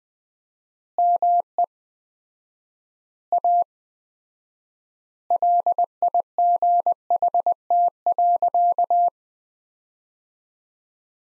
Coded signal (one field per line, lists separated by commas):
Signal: Morse code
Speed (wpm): 20 wpm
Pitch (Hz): 700 Hz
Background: none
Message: ME A LIGHT.